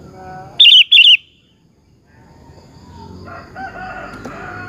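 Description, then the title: Sooty-headed bulbul song: two quick, bubbly whistled phrases in fast succession, followed by quiet with faint other bird sounds in the background. "Kutilang"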